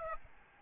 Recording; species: mosquito wingbeat signal from an infrared sensor; Aedes albopictus